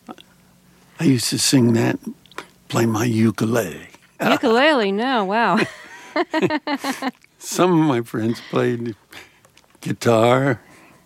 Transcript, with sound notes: I used to sing that, play my ukulele (laughter).
Ukulele - no, wow.
(LAUGHTER)
Some of my friends played guitar,